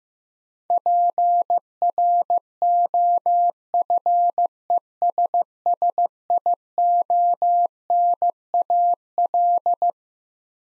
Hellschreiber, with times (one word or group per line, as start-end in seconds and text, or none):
none